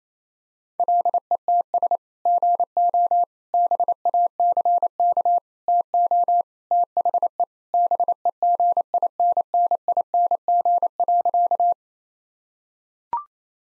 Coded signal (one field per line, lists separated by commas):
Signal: Morse code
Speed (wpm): 28 wpm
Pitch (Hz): 700 Hz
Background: none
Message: LETS GO BACK TO THE BEGINNING.